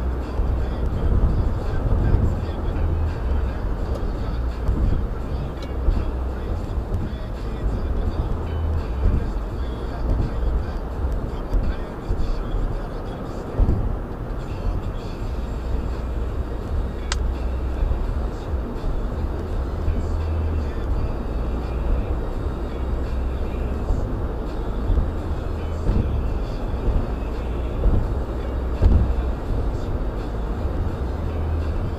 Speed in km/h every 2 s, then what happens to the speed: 111, 109, 105, 103, 101, 101, 101, 101, 105, 106, 108, 109, 109, 111, 111, 113.
0-5 slows to 103. 5-15 steady at about 101. 15-32 speeds up to 113.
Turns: none.